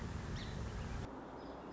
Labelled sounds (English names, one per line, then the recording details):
Song Sparrow
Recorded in Sonoma County, California